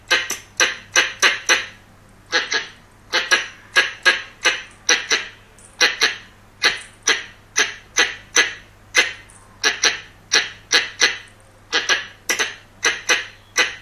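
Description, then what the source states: Squirrel chattering: many harsh barking notes in quick clusters, repeated throughout. Young male squirrel.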